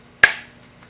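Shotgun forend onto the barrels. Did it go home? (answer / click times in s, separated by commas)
yes / 0.2 s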